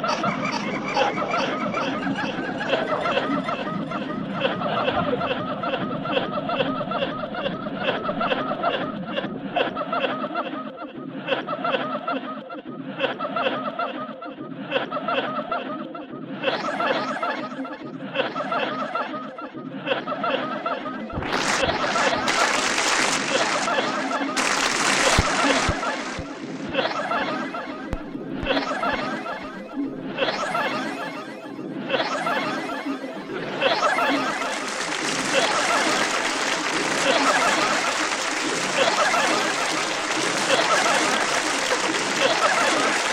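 Laughter in a theatre, with a thick crowd murmur and chuckles rolling steadily for the first twenty seconds. Around the midpoint it swells into louder, brighter waves of laughter and perhaps clapping, repeating every couple of seconds and staying dense through the end.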